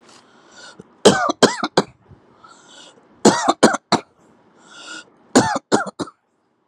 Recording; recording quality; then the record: shallow voluntary cough; excellent, no background noise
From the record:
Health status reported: COVID-19 positive, moderate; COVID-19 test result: positive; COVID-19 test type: RT-PCR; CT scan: not taken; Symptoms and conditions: cough, fever, fatigue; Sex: male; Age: 35 years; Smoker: no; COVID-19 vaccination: both doses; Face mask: not worn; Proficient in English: yes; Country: India